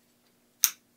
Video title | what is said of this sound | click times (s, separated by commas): How to wire two solar panels in parallel with couplers | you click that in together, you hear it's got a nice click with that locking connector. | 0.6 s